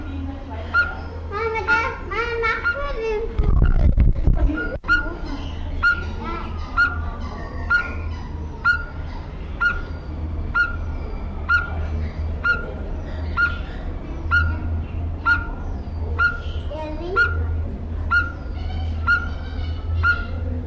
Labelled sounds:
Speckled Tinkerbird (Pogoniulus scolopaceus)
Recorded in captivity
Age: adult
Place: Zoo Berlin, Berlin, DE
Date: 1994-08-27 11:57
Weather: heiter, 16-22°C
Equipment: Marantz CP 430, Sennheiser ME 80, Kopie Uher Variocord 263
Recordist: Tembrock, Günter
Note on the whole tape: Rufreihe - Entfernung 50 cm

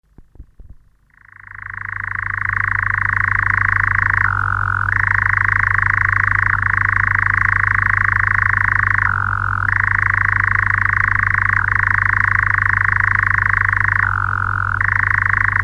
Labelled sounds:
Eurasian Nightjar (Caprimulgus europaeus) song
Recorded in the wild
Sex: male
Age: adult
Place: Przytocko, Pomorskie, PL
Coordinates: 54.1211, 16.8428
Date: 1965-07-04
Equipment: Grundig TK 4, BG 20/6 - 19 cm/s
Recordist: Schubert, Michael
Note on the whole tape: Przytocko ehemals Pritzig.Gesang

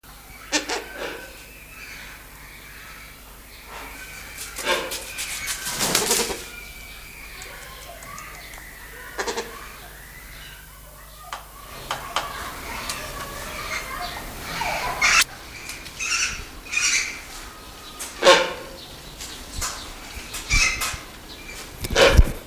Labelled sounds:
Wreathed Hornbill (Rhyticeros undulatus) call
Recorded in captivity
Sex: male
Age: adult
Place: Zoo Berlin, Berlin, DE
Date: 1999-07-28 16:58
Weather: heiter, 24-26°C
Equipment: Sony WM-D6C, Sennheiser ME 80, Kopie Uher 4000 Report Monitor
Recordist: Tembrock, Günter

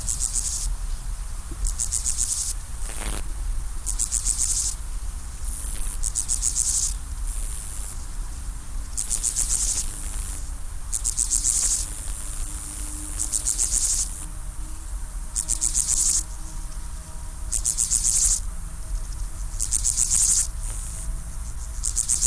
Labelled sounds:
Steppe Grasshopper (Chorthippus dorsatus) stridulation
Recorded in the wild
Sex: male
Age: imago
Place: Mühlenbeck, Brandenburg, DE
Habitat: Feuchtbiotop
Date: 1997-08-03 12:45
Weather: 24°C, heiter
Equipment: Sony MD-WM MZ-R3, Sennheiser ME 80, K 30 AV, Kopie Uher 4000 Report Monitor
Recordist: Tembrock, Günter

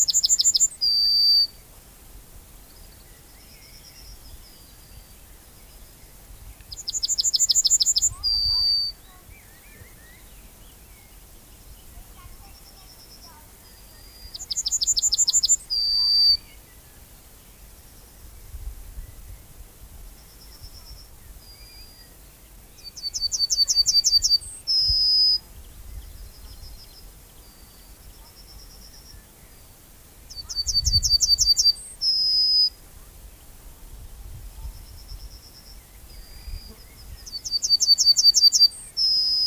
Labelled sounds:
Yellowhammer (Emberiza citrinella) song
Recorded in the wild
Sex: male
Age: adult
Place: Köppchensee, Berlin, DE
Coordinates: 52.6167, 13.3667
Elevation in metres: 40
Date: 2000-06-18 13:46
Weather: heiter, 22°C, zeitweise windig
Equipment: Nagra SN, Kopie Uher 4000 Report Monitor
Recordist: Tembrock, Günter
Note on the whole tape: Gesang, drei Strophentypen

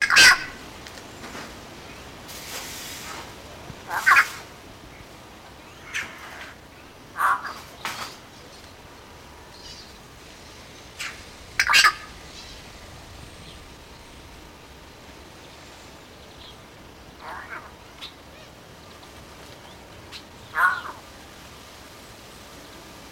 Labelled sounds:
Yellow-faced Myna (Mino dumontii) call
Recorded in captivity
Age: adult
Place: Zoo Berlin, Berlin, DE
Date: 1991-10-30
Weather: sonnig, 0°C
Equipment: Nagra SN, Kopie Tesla B 116
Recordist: Tembrock, Günter

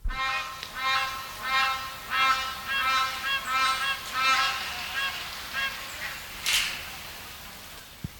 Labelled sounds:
Gray Crowned-Crane (Balearica regulorum) call
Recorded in captivity
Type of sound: call, call sequence
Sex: pair
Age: adult
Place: Zoo Augsburg, Bayern, DE
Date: 1993-09-04 16:28
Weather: 14°C, bedeckt, z.T. Regen
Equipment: Marantz CP 430, Sennheiser MKH 416 T, Kopie Uher Variocord 263
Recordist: Tembrock, Günter
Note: Duettrufen

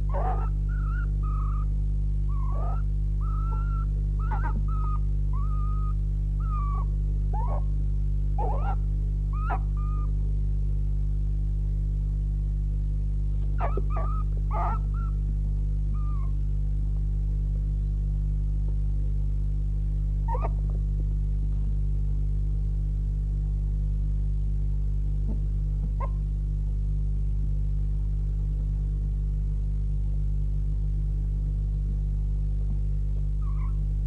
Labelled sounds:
Red Fox (Vulpes vulpes)
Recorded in captivity
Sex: female
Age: juvenile
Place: Zoologisches Institut der HUB, Berlin, DE
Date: 1955-05-11 19:45
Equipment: 19 cm Halbspuraufnahme
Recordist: Tembrock, Günter
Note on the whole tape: Band F 218-1: Nelly: mit frisch getöteter Maus, hauptsächlich Knurrlaute aber auch Fressgeräusche. Starkes Netzbrummen

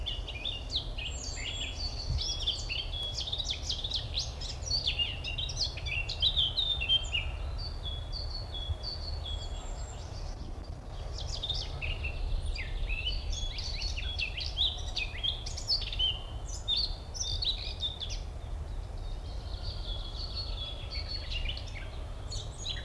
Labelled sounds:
Eurasian Blackcap (Sylvia atricapilla) song
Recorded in the wild
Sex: male
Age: adult
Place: Summt, am Buchenberg, Brandenburg, DE
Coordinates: 52.695, 13.3594
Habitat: spruce thicket
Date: 1975-05-10 14:37
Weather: partly cloudy, 20°C
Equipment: Uher CR 210, Sennheiser MD 421, Verstärker, Kopie Uher 4200
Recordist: Tembrock, Günter

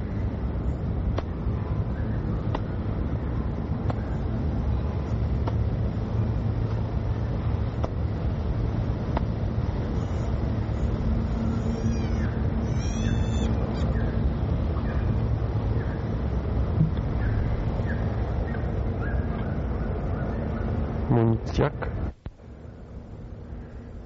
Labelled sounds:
Indian Muntjac (Muntiacus muntjak)
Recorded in captivity
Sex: female
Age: adult
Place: Zoo Dresden, Sachsen, DE
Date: 1961-10-27 16:45
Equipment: Minifon, Kopie Smaragd
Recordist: Tembrock, Günter

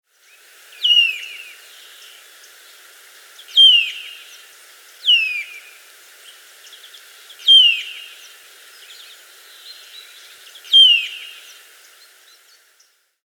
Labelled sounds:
Eurasian Nuthatch (Sitta europaea)
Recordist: Tembrock, Günter
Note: Rufe

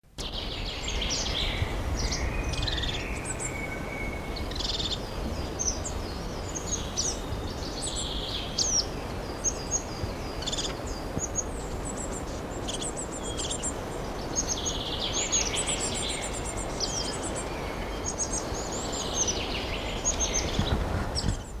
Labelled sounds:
European Crested Tit (Lophophanes cristatus) call, Common Chaffinch (Fringilla coelebs)
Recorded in the wild
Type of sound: call
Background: Fringilla coelebs
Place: Summt, Brandenburg, DE
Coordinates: 52.69, 13.3603
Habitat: forest
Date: 1988-06-12 11:14
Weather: sunny, 14-18°C, wind
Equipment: Nagra SN, Kopie Tesla B 116
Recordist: Tembrock, Günter
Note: Summter Wald. Lautfolgen

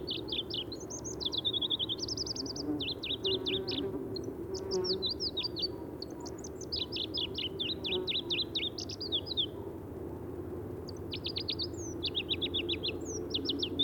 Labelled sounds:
Pallas's Leaf Warbler (Phylloscopus proregulus) song
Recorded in the wild
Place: Irkutsk, RU
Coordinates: 52.252, 104.546
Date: 1979-06-11
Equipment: Nagra III BH, Sennheiser MD 21, parabola
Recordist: Schubert, Michael
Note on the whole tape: Gesang Goldhähnchenlaubsänger

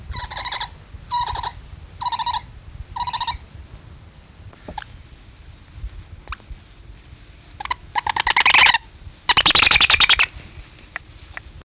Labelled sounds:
Spectacled Owl (Pulsatrix perspicillata) call
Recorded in captivity
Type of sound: call
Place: Zoo Hannover, Niedersachsen, DE
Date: 1974-03-22
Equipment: Halbspur, 9,5 cm/s
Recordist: Lütgens, Hans
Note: Rufe

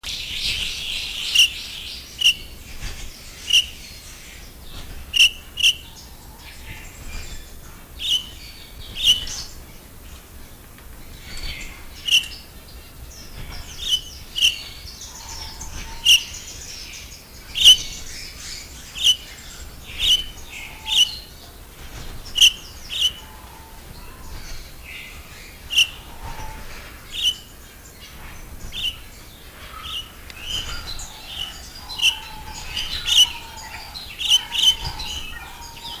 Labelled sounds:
Golden-breasted Starling (Lamprotornis regius) call
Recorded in captivity
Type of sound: call
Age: adult
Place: Zoo Berlin, Berlin, DE
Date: 2002-01-03 10:27
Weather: sunny, -6°C
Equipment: Marantz CP 130, Sennheiser MKH 416, Kopie Uher 4000 Report Monitor
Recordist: Tembrock, Günter
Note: Kurzlaute (Entfernung 50 cm)

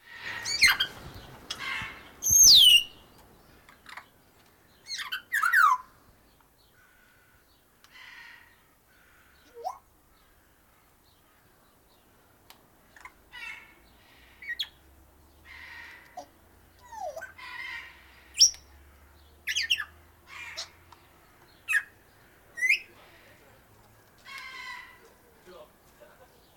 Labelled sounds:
Grey Parrot (Psittacus erithacus) call
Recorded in captivity
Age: adult
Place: Zoo Berlin, Berlin, DE
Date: 1997-03-04 11:59
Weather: heiter, 10 bis 12°C
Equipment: Nagra SN, Kopie Uher 4000 Report Monitor
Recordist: Tembrock, Günter
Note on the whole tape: Ein Tier mit zahlreichen Lautformen, Entfernung ca. 2 m

